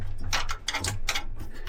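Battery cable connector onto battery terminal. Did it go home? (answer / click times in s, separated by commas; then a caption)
yes / 0.7 s, 1.1 s. A battery power cable connector with a push-button release is pushed onto the terminal of an EG4 wall-mount indoor battery until it locks. Sharp clicks at 0.7 s and 1.1 s sound over a steady low hum, alongside other brief clicks. The connector is seated and locked on.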